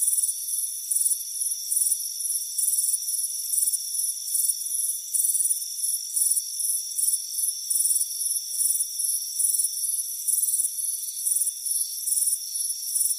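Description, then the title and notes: Crickets chirping in quick high-pitched pulsed bursts, about three a second, over a steady bed of several continuous high insect tones. Crickets chirping on a warm afternoon by a front porch. "Soothing Crickets Chirping Sound. It's a warm afternoon as you relax in a hammock on the front porch. Relax and fall asleep to the soothing sound of chirping crickets. Deep Sleep Sounds"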